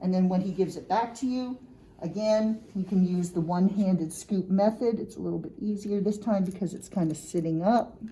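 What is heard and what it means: A plastic cap is being handled to go onto a syringe needle, while someone talks throughout. The cap has not snapped or seated onto the needle yet in this clip.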